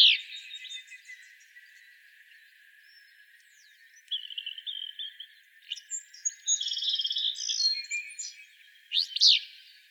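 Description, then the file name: Willow flycatcher giving rough, sneezy phrases at the start and again near the end, with other birds' trills, buzzes and high whistles filling the gap between. Recorded in Arizona on 23 May 2008. "WIFL 6 deviche"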